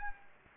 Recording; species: mosquito wingbeat signal from an infrared sensor; Anopheles gambiae